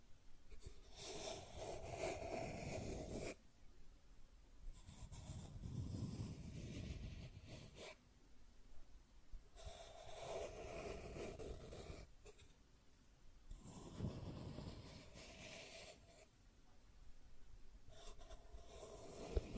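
Scratching and tracing strokes come in repeated passes, each lasting about two to three seconds with short gaps between. The passes alternate in character: some are bright, hissy scrapes, others duller and rumbling, as a tool drags back and forth over a surface.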